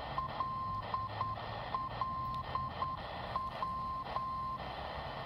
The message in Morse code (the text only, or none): LLW